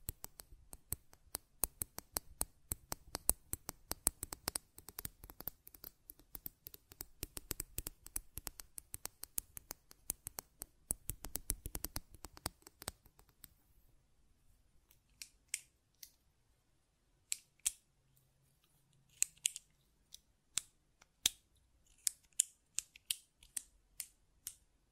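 Buttons are clicked and tapped in a fast, dense flurry of sharp snaps for about thirteen seconds, with a low hum underneath. After that the clicks thin out into single crisp taps, roughly one every second or so, separated by near silence.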